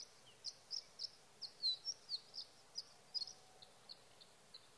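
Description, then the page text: Sage thrasher song: a long run of short, high notes over a steady background hiss. Male singing at night near his night roost, evenings of June 12 to mornings of June 15, 2018, Sierra Valley, California; night songs; recorded with a Swift recorder. "Sage thrasher songs, through the night. in Sierra Valley, California"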